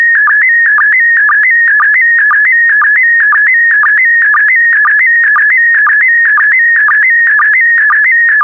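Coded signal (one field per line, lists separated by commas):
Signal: SSTV (slow-scan television)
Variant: PD120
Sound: warbling tone between mid and high pitch, with low sync blips about twice a second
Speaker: transmission complete you can now check your decoded image against the picture that is shown on the video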